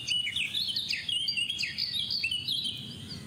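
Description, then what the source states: Eurasian Blackcap singing a quick, varied warble of sliding high whistles, phrases running together without pause, over a soft hiss. Blackcap imitates European pied flycatcher song at the start, then continues as an ordinary blackcap.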